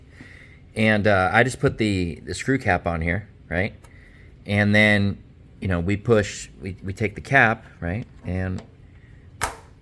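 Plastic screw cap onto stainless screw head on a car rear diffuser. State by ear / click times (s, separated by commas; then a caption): seated / 9.4 s. Someone talks while pushing a cheap plastic screw cap over a stainless steel screw head on a ZL1 Addons Stealth rear diffuser on a Challenger. A short, sharp click is heard at 9.4 s as the cap seats, covering the screw.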